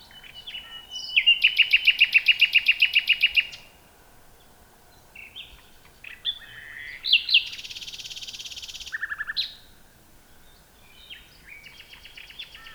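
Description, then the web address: Common nightingale in full song, a fast loud trill of repeated notes, then varied whistles, buzzy churring, and a lower harsh note before quieter phrases. "nachtegaal luscinia megarhynchos"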